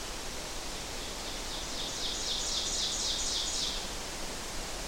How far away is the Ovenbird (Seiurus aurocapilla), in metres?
about 40 m